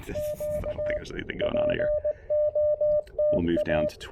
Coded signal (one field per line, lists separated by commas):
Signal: Morse code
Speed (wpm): 20 wpm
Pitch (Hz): 600 Hz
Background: speech, radio noise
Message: Q POTA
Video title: Pairing the Chameleon Tactical Delta Loop with the Icom IC-705 for some serious QRP POTA fun!